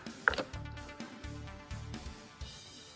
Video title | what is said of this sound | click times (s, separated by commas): How to replace Spark Plugs & Wires 2005 Dodge Neon | You get a satisfying click. | 0.3 s